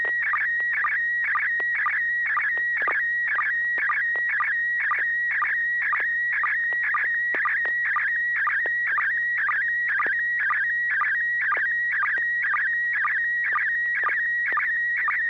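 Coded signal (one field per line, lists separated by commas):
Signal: SSTV (slow-scan television)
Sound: steady high warbling tone broken by rhythmic chirping dips about twice a second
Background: low mains hum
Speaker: we're going to see if you're ready to put up an image. Are you ready, Stewart? Yes, I'm ready.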